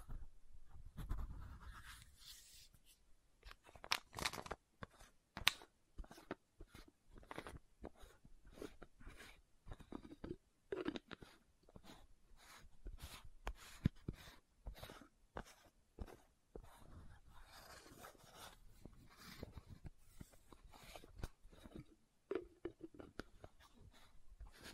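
Sharp taps and clicks from a lid and bottle arrive in quick, uneven bursts, several per second, with brief pauses between clusters. Scratchy rubbing sounds fill some gaps, and a low thump sounds near the start.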